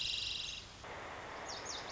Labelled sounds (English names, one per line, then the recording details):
Lazuli Bunting
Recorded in Sonoma County, California